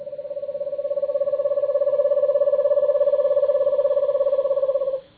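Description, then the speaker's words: Eastern Screech-Owl giving a long, even, tremulous trill on one steady pitch, rapid pulses running unbroken for about five seconds, swelling slightly then stopping abruptly. Calls at nightfall, after the subtropical birds have gone quiet; lower Rio Grande Valley of Texas, in winter. "As night falls and the subtropical birds go quiet, an eastern screech owl trills."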